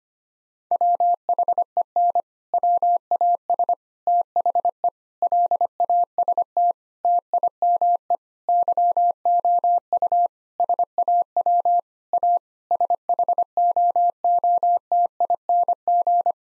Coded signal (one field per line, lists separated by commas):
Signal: Morse code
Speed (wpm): 25 wpm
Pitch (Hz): 700 Hz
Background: none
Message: WHEN WAS THE LAST TIME YOU SAW A SHOOTING